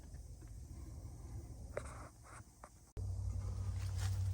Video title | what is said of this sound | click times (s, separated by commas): Silverado, Sierra, Tahoe, Yukon Cabin Air Filter Replacement. | hear it clip letting you know that it's in all the way | 1.8 s